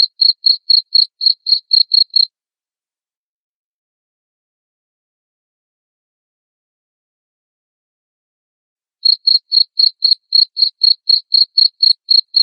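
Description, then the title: Cricket chirps, shrill and evenly spaced at roughly four a second, stop after two seconds; after a long silence they start again. Loud cricket chirping (ngerik), played to make lovebirds keep singing (ngekek). "Suara JANGKRIK NGERIK Keras Bikin LOVEBIRD Jadi NGEKEK Terus Vubey"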